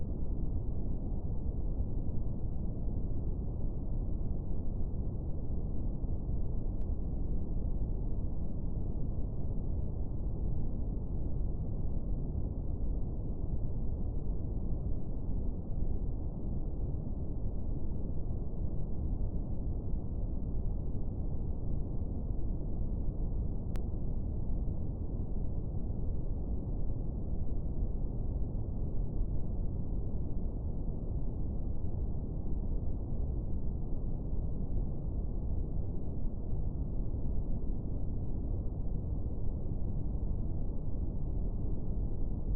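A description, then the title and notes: Steady brown noise, a deep unbroken rumble strongest in the lows, fading above the midrange with no highs, holding constant for the whole clip. Brown Noise. It sounds a lot smoother and less harsh than white noise and pink noise which use higher frequencies.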